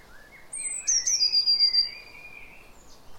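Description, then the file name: Eurasian blue tit song, a piercing high note followed by a descending, rapidly trilled phrase, with a lower whistle running beneath. "Cyanistes caeruleus"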